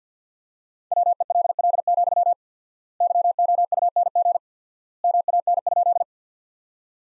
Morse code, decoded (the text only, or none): WELL, YOUNG MAN?